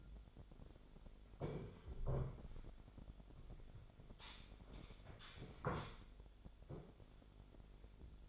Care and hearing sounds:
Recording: daily activity, microphone in the room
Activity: sit down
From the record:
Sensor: 5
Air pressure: 1007.9 hPa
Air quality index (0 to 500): 152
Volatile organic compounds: 3 ppm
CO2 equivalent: 1466 ppm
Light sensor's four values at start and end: 57/160/62/62 and 57/160/62/62

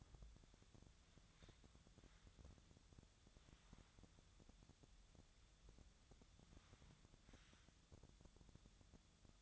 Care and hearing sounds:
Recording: daily activity, microphone in the room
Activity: wipe stove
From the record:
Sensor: 3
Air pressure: 1004.8 hPa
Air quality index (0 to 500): 80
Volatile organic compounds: 2 ppm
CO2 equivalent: 1216 ppm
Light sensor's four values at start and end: 8/18/7/7 and 8/18/7/7

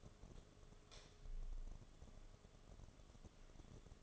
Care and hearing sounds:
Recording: daily activity, microphone in the room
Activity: light on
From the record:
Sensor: 4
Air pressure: 1011.1 hPa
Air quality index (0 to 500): 149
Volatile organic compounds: 3 ppm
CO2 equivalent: 1523 ppm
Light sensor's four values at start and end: 116/304/128/133 and 116/307/129/134

